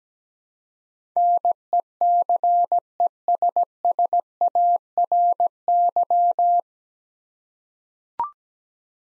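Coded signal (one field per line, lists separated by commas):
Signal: Morse code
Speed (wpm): 17 wpm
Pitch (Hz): 700 Hz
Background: none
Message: NECESSARY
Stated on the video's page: Morse head-copy drill of nine-letter words at 17 wpm, each sent, spoken, then sent again.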